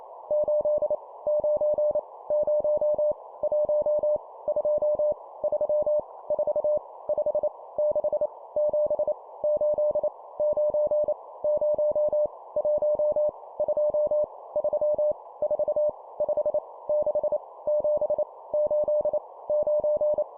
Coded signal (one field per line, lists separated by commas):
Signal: Morse code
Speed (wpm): 28 wpm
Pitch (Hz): 600 Hz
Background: none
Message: 8 9 0 1 2 3 4 5 6 7 8 9 0 1 2 3 4 5 6 7 8 9